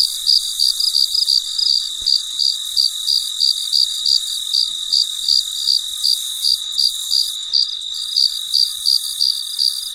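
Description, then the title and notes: Cricket giving rapid regular high-pitched chirps, close to three a second, over a continuous high background noise. Recorded late at night; the night is described as very quiet. "深夜录制蟋蟀昆虫声. 深夜 很安静"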